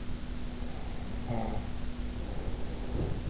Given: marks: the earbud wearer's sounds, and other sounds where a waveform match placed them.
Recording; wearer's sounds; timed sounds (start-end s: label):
sounds in sleep by an in-ear microphone; snoring breath
0.50-3.28 s: snoring breath
2.85-3.30 s: sound from someone else or the room